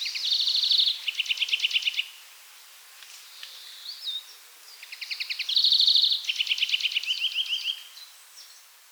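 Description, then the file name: European greenfinch delivering two loud bursts of rapid trills and rattling chirp runs, separated by a quiet gap with a slurred whistle. "Chloris chloris"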